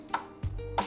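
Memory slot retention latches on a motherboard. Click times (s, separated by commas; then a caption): 0.1 s, 0.8 s. Plastic retention latches on the second and fourth DDR5 memory slots of a motherboard are pushed back to open them before RAM sticks go in. Two short, sharp clicks ring out at 0.1 s and 0.8 s over steady background music, and the latches are released open.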